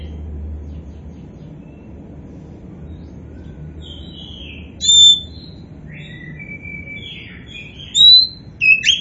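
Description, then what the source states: Oriental magpie-robin song: soft whistled notes after a quiet start, then louder sweeping whistles near the end. Kacer poci variety, described as gacor (singing vigorously).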